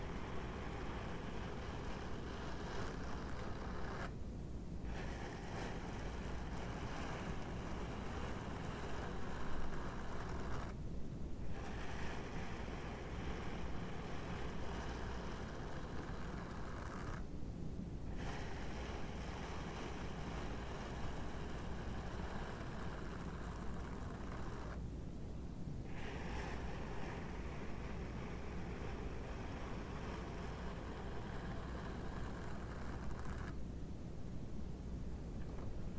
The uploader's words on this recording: ASMR GLOVES SOUNDS - DISHWASHING GLOVES, EAR MASSAGE, GLOVES SCRATCHING - NO TALKING.